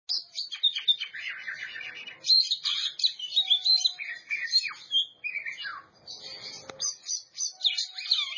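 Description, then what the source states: Oriental magpie-robin song: a rich, rapid stream of varied whistles, trills and buzzy notes, mostly high-pitched, with brief pauses between phrases. Champion bird.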